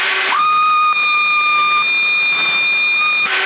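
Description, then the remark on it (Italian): A person whistles a steady, high-pitched tone over a hissy CB radio channel in Sassari in February 2021, holding one flat tone for about three seconds, with a lower tone joining briefly at the start. “Vai a quasi 9,40, non ci arrivi però, prova a fischiare.”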